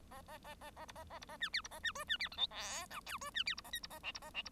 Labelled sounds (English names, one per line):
Bengalese Finch song